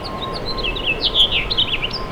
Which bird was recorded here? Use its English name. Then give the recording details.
House Finch. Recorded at Babylon on Long Island, New York, on 18 May 2013. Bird G